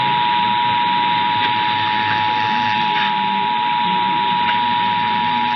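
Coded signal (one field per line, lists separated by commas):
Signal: Emergency Alert System (SAME) tones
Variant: 853 and 960 Hz attention tone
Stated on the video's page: Los Angeles monthly EAS test captured on 12 AM radio stations.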